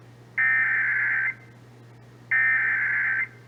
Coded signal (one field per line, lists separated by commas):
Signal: Emergency Alert System (SAME) tones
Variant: header bursts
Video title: (EAS #43-44) Severe Thunderstorm Warning (WBAP-AM and KTXD-TV)